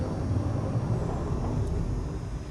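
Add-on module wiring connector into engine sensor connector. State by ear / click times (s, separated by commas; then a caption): not seated / none. A plastic wiring connector from an add-on engine module for a Peugeot 207 1.6 HDi is positioned in place against the engine sensor connector, lined up before being pushed home. Only a steady low rumble of background noise is heard, with no sudden sounds. Nothing has seated or clicked yet.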